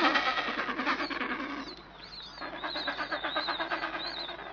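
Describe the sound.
Royal penguin braying calls, harsh rapid pulsed trumpeting in bursts, with thin wavering higher notes in the second half.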